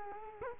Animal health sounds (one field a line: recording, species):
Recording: mosquito wingbeat signal from an infrared sensor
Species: Culex quinquefasciatus